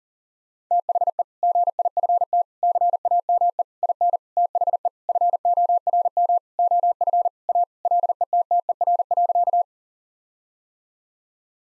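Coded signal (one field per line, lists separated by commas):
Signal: Morse code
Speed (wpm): 37 wpm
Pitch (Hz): 700 Hz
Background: none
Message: THE GIFT CAME IN THE FORM OF A LETTER.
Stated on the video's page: Morse practice at 40 wpm: sentences of common five-word phrases, with the first words spoken, each sentence sent, spoken, then sent again.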